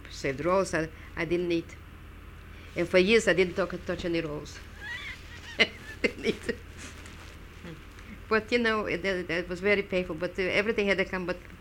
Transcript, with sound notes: said, "Rosa, I didn't eat." And for years I didn't talk -- touch any rolls. (she laughs) But, you know, it was very painful. But everything had to come, but